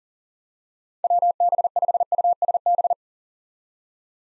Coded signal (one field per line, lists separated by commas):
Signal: Morse code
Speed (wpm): 40 wpm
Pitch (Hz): 700 Hz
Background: none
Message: WB5USB